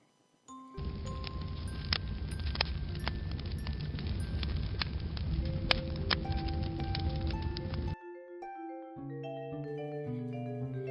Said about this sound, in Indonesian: Hebat! Kalian sudah bisa menebak suara benda yang terbakar api.